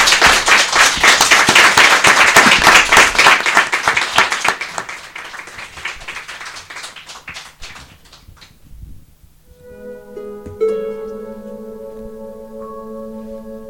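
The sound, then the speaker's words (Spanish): A group of children at CPI Atios school in Valdoviño applauds to close a visit, with loud, dense clapping that fades away over several seconds, followed by a brief lull before steady music with sustained tones begins. “Creo que os nenos, vamos a dar un aplauso, non?”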